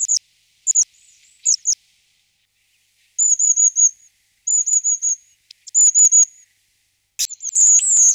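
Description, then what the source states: Bird song: short bursts of high, thin whistled notes, quickly repeated in trills of three to five, separated by brief pauses, with a few sharp clicks. Segmented song unit.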